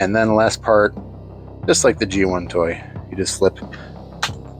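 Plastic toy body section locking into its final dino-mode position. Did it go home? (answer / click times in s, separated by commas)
yes / 4.2 s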